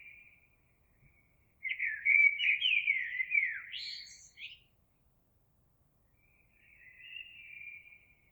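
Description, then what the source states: Eurasian blackbird singing a mellow, fluting phrase of warbled notes ending in a high squeaky twitter, then a quieter phrase after a pause. Recorded 26 April 2022.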